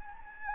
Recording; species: mosquito wingbeat signal from an infrared sensor; Anopheles gambiae